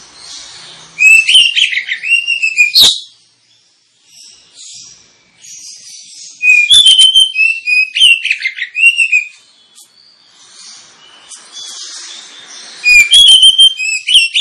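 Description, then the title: Oriental magpie-robin song in three bursts of rich, varied whistled phrases with quick chirps and slurs, with quieter pauses between them. Kacer (Oriental magpie-robin) recording used as a lure to provoke other kacer birds into singing and fighting. "Kacer Langsung Tarung Konslet KACER NGOTOT FULL TEMBAKAN. Kacer dimana SAJA Bakalan NGEPLONG GACOR dengan Pancingan Kacer ini"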